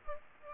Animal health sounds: mosquito wingbeat signal from an infrared sensor; Aedes aegypti

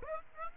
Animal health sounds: mosquito wingbeat signal from an infrared sensor; Aedes aegypti

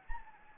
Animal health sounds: mosquito wingbeat signal from an infrared sensor; Anopheles gambiae

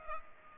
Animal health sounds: mosquito wingbeat signal from an infrared sensor; Culex pipiens

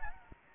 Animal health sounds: mosquito wingbeat signal from an infrared sensor; Anopheles gambiae

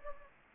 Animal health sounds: mosquito wingbeat signal from an infrared sensor; Anopheles gambiae

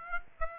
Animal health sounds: mosquito wingbeat signal from an infrared sensor; Aedes aegypti

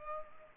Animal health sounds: mosquito wingbeat signal from an infrared sensor; Culex pipiens

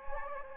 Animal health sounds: mosquito wingbeat signal from an infrared sensor; Anopheles gambiae

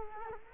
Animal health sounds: mosquito wingbeat signal from an infrared sensor; Culex quinquefasciatus

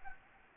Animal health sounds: mosquito wingbeat signal from an infrared sensor; Anopheles arabiensis

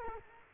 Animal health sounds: mosquito wingbeat signal from an infrared sensor; Culex quinquefasciatus

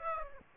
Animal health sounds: mosquito wingbeat signal from an infrared sensor; Aedes aegypti

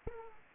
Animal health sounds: mosquito wingbeat signal from an infrared sensor; Aedes aegypti

